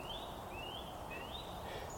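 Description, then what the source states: Eurasian nuthatch singing several rising whistled notes over steady outdoor background noise. Nuthatch singing 'weep, weep, weep' in the New Forest, UK, in spring, answering a person's imitation of its call.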